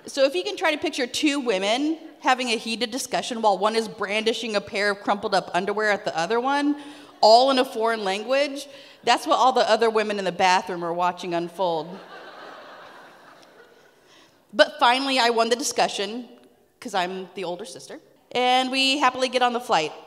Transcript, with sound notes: So if you can try to picture two women having a heated discussion while one is brandishing a pair of crumpled up underwear at the other one, all in a foreign language, that's what all the other women in the bathroom are watching unfold. (laughter) But finally, I won the discussion because I'm the older sister, and we happily get on the flight.